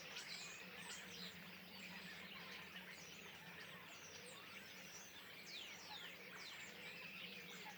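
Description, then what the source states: Common starlings chattering nonstop, sharp descending squeaks and clicks tumbling over one another, the dense chorus holding an even volume from start to finish. Flock perched in trees beside the Louroux pond, Le Louroux, Loches, Indre-et-Loire, Centre-Val de Loire, France; recorded with Sennheiser MKH8020 ORTF stereo pair, Rycote, Sound Devices MixPre6 II.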